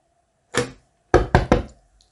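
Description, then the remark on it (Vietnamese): Four sharp knocks on a door: a single rap, a short pause, then three quick evenly spaced raps, fairly loud with nothing else sounding. “Vu Đông gõ cửa cắt ngang cuộc thảo luận kịch liệt của hai người”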